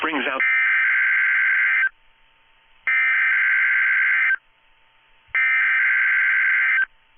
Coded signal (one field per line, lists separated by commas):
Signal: Emergency Alert System (SAME) tones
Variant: header bursts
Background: speech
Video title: Weather Radio Wednesday Tests (EAS #945-#954)